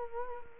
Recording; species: mosquito wingbeat signal from an infrared sensor; Culex quinquefasciatus